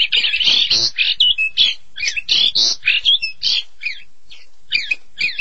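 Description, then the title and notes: Starling or myna song opening with a loud harsh rattle, then scattered squeaky whistles and twisting chirps. "suara burung jalak"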